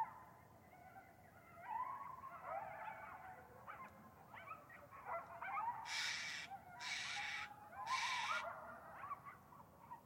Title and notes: Coyote Pack Howls Interrupted By Annoyed-Sounding Steller's Jay. Coyotes are highly vocal in their contact yips and howls